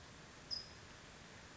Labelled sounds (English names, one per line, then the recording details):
California Towhee
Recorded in Sonoma County, California